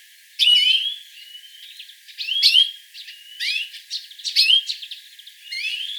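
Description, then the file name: European greenfinch calls: a busy run of twittering chirps mixed with thin rising whistles, coming in several bursts. "Chloris chloris"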